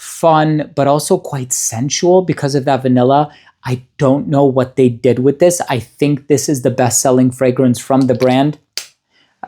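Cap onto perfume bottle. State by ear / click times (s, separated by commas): seated / 8.8 s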